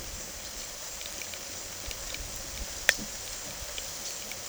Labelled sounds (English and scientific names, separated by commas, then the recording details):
none
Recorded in secondary vegetation near Puerto Asís, Putumayo, Colombia, on 23 June 2025 at 15:30
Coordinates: 0.489, -76.322
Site G021